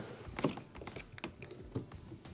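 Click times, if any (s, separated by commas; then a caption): 1.2 s. A small plastic wire harness clamp is pushed into its mount on a Maytag dishwasher frame, next to the micro switch. It makes a few light plastic clicks and taps, and the clamp clicks into place at 1.2 s. The clamp is seated.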